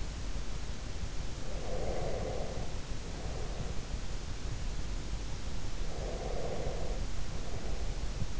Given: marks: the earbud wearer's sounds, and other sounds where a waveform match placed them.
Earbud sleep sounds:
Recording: sounds in sleep by an in-ear microphone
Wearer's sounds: breath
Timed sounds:
1.44-4.04 s: breath
5.73-8.39 s: breath

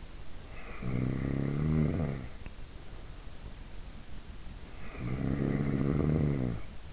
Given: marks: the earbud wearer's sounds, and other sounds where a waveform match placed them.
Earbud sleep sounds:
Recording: sounds in sleep by an in-ear microphone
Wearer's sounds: snoring breath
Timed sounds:
0.35-2.75 s: snoring breath
4.64-6.92 s: snoring breath

